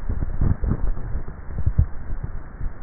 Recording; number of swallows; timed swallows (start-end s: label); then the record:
swallowing sounds by neck microphone; 1
1.32-2.32 s: swallow
From the record:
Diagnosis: dysphagia